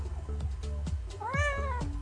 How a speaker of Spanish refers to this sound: Ven, canta conmigo. Canta, canta, di miau, miau, miau.